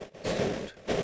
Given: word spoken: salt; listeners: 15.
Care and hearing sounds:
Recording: one English word in noise, from a listening test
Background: noise modulated by three-talker babble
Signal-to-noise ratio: -6.7 dB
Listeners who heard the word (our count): 2 of 15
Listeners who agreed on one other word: 9 of 15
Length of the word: 0.63 s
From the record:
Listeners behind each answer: 9, 2, 2, 1, 1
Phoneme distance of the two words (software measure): 7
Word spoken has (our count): 1 syllable, 4 phonemes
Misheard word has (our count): 1 syllable, 3 phonemes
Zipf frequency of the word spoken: 4.69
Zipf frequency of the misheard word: 5.61

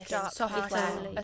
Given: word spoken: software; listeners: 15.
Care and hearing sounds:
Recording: one English word in noise, from a listening test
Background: four-talker babble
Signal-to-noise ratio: -1.4 dB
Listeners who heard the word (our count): 0 of 15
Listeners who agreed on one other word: 10 of 15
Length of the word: 0.84 s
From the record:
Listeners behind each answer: 10, 2, 1, 1, 1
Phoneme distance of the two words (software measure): 51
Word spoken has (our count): 2 syllables, 6 phonemes, stress on syllable 1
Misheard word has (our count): 1 syllable, 3 phonemes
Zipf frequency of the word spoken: 3.83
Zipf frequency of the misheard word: 4.94

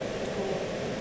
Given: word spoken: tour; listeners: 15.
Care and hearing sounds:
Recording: one English word in noise, from a listening test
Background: speech-shaped noise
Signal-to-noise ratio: -5.9 dB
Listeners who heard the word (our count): 1 of 15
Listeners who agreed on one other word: 7 of 15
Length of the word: 0.61 s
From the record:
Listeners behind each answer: 7, 4, 1, 1, 1, 1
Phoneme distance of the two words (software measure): 7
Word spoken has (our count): 1 syllable, 2 phonemes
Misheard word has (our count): 1 syllable, 3 phonemes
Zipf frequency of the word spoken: 4.76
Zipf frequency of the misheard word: 4.51

